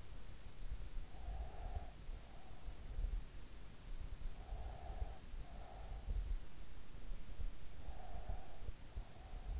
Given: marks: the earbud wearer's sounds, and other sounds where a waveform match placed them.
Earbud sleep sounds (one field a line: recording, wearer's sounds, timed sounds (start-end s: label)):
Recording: sounds in sleep by an in-ear microphone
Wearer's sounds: breath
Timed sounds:
1.15-3.37 s: breath
4.33-6.54 s: breath
7.95-9.60 s: breath